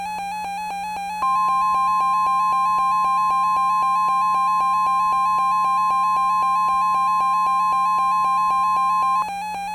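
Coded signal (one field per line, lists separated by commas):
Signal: Emergency Alert System (SAME) tones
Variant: 1050 Hz attention tone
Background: music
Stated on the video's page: Fictional EAS scenario recreation.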